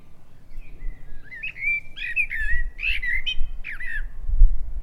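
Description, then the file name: Common blackbird calls: a thin rising note, then several loud harsh chattering bursts in quick succession, with low rumble underneath. "Turdus merula"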